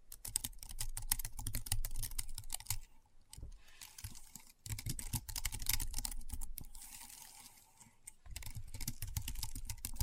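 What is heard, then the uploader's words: Rapid keyboard typing, dense clicks and clacks running in quick irregular bursts. The keystrokes pause briefly near three, five and eight seconds, then resume at a steady pace, with a low thump under the louder presses and a faint hiss between them. ASMR Keyboard Sounds (No Talking).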